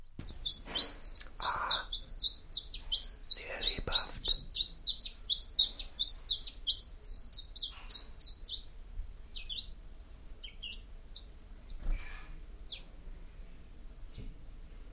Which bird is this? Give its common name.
Common Chiffchaff